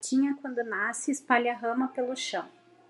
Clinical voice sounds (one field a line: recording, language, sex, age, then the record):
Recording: short text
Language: Brazilian Portuguese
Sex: female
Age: 40 to 49 years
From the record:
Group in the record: control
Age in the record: 40 years